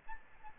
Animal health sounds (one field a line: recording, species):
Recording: mosquito wingbeat signal from an infrared sensor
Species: Aedes albopictus